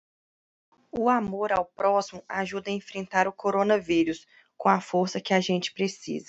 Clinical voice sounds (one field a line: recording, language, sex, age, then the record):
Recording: spoken sentence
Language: Brazilian Portuguese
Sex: female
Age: 30 to 39 years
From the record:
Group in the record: control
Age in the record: 32 years